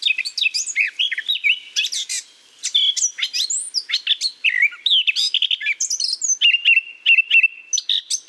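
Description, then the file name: Eurasian blackcap singing a dense, varied warble of high chirps and fluty slurs, ending in a run of several evenly repeated short notes. "Sylvia atricapilla"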